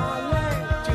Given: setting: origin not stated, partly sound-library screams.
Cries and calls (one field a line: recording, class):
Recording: one-second piece from a danger detection set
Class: normal situation